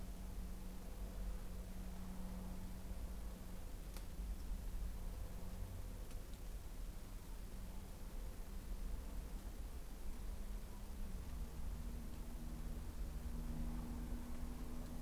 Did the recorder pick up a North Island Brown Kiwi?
no